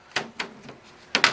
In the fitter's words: hold on there we go little clickies in order to hold it in place